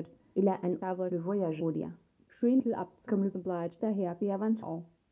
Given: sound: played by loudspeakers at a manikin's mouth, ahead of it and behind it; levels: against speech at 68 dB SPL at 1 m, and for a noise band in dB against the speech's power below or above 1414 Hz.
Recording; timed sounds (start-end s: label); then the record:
test signals for a remote microphone
0.00-5.12 s: speech test signal (ISTS)
From the record:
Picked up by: measurement microphone